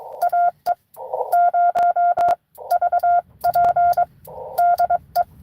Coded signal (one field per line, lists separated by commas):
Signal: Morse code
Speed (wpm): 21 wpm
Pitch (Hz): 700 Hz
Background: none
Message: AE0VP DE